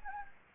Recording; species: mosquito wingbeat signal from an infrared sensor; Anopheles gambiae